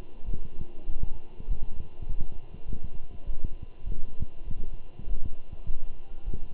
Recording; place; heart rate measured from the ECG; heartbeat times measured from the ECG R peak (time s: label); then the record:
heart sounds by stethoscope; between the tricuspid and mitral areas; 100 bpm
0.26 s: heartbeat
0.88 s: heartbeat
1.50 s: heartbeat
2.08 s: heartbeat
2.67 s: heartbeat
3.26 s: heartbeat
3.86 s: heartbeat
4.45 s: heartbeat
5.06 s: heartbeat
5.66 s: heartbeat
6.25 s: heartbeat
From the record:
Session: walking at 3.7 km/h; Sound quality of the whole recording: good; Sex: male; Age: 24 years